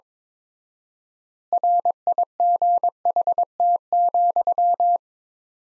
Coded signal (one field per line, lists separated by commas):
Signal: Morse code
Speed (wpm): 22 wpm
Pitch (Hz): 700 Hz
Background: none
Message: RIGHT,